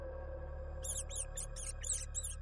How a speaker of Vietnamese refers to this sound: Cánh cửa tủ được mở. Từ bên trong tủ một đàn chuột đen bóng phải đến chục con lúc nhúc nối đuôi nhau